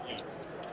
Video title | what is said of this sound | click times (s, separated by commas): New Gravity Utility Knife - Reate Knives - Blade Show Texas 2024 | pivot lock into place it's not going to close on you | 0.2 s